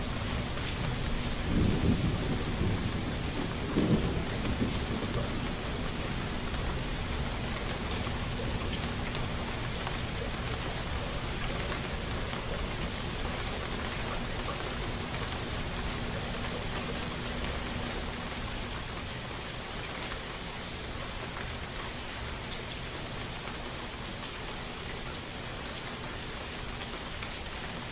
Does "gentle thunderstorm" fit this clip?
yes